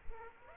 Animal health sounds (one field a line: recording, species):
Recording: mosquito wingbeat signal from an infrared sensor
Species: Aedes aegypti